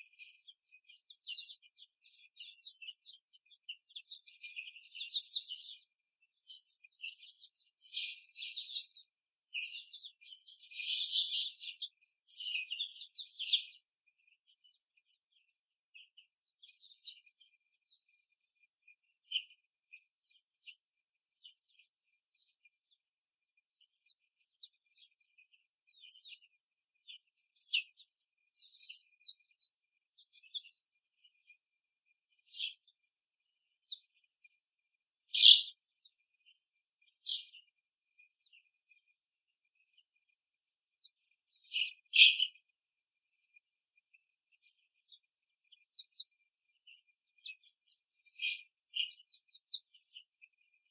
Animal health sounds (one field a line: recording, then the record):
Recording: young laying hens in a cage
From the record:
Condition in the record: before the stressor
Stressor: simulated dog barking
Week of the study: 3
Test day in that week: 1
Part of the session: 4